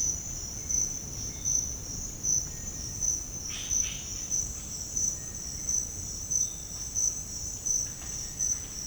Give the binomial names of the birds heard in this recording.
Crypturellus cinereus, Cacicus cela